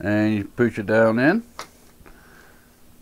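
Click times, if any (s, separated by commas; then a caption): 2.1 s. A graphics card is pushed down into a motherboard's PCIe x16 slot while someone talks. At 2.1 s the slot's plastic retention clip snaps up with a short, sharp click, and the card is seated.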